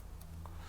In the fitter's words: we push it all the way until it clicks just like that